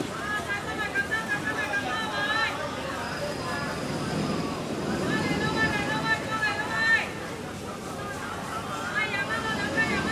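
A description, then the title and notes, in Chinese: A hawker calls out steadily beside a busy street market, voices overlapping amid a constant low rumble of traffic and crowd murmur. Hong Kong-and its three wet markets。Today we are delighted to share some sounds recorded in Hong-Kong by field recordist Peter Wong.這段聲音是在街市旁馬路中心位置採集的，捕捉到小販熟練而忙碌的叫賣聲。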